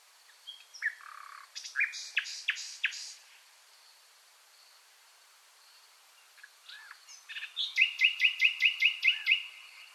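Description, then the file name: Common nightingale song: varied phrases of sharp chirps and downslurred notes, a pause, then a fast run of several rapid repeated notes. "Luscinia megarhynchos"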